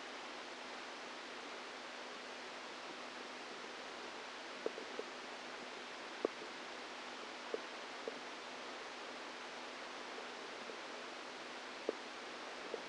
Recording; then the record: brain microelectrode recording played as sound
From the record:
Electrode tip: outside the subthalamic nucleus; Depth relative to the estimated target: 2 mm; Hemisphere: right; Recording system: NeuroSet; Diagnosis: Parkinson's disease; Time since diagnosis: 10 years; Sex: female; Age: 45 years